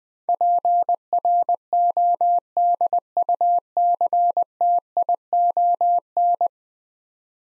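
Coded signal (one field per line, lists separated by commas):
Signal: Morse code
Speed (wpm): 20 wpm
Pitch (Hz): 700 Hz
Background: none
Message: PRODUCTION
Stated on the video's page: Morse practice at 20 wpm: 10-letter words, sent twice for head-copy training.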